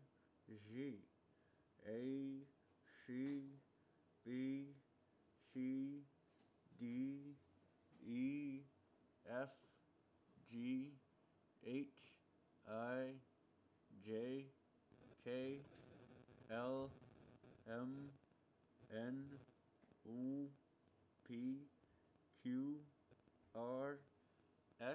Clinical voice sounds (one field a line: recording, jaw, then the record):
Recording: letters of the alphabet, spoken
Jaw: constrained by a bite bar between the teeth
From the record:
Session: first day, right after the free take